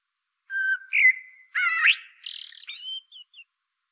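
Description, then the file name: Common blackbird song phrase of mellow whistles, a rising warble and a buzzy high twitter, finishing with thin descending notes. "Turdus merula"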